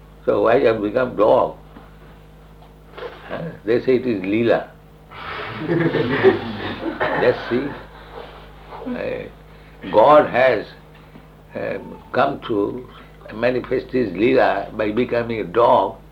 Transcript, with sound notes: so why you have become dog? They say it is līlā. [laughter] Just see. God has come to manifest his līlā by becoming a dog,